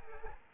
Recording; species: mosquito wingbeat signal from an infrared sensor; Anopheles gambiae